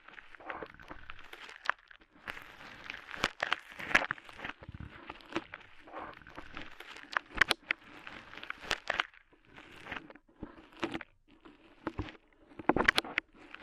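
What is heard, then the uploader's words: Crackly ear-cleaning sounds as clay and rhinestones are picked and pulled away, with dense crunching and scratching that comes in irregular bursts. Sharp bright clicks pop out every second or so, separated by brief quiet gaps. ASMR Tingly Ear Cleaning Rhinestone & Clay Removal (No Talking).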